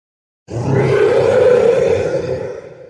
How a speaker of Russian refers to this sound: Заревели монстры один за другим и понеслись на меня.